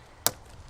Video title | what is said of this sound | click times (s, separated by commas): Dechroming window surround!!!!! HOW TO - Vauxhall GTC VXR | obviously you heard that click in there. | 0.3 s